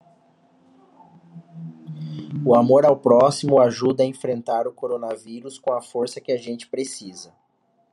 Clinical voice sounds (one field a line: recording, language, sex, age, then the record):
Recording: spoken sentence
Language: Brazilian Portuguese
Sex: male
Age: 30 to 39 years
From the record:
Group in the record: control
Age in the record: 38 years